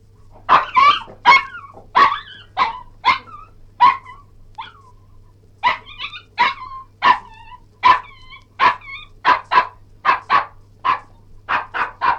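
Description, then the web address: Cairn terrier barking and yelping, sharp barks in irregular bursts, some with short yelping tails, with a steady low hum underneath. "BBC Cairn T"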